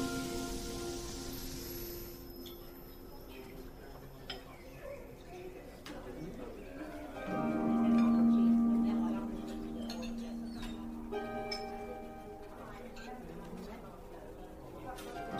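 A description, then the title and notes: A fantasy fairy cafe ambience with soft bell and chime tones ringing and layering over a low murmur of voices. A sustained hum swells to its loudest around the eighth second before easing back. Brief clinks and sparkly accents recur throughout. Fantasy fairy cafe asmr ambience.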